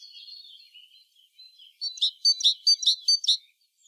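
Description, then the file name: Great tit call, soft twittering leading into a quick series of loud, sharp chattering notes. "Parus major"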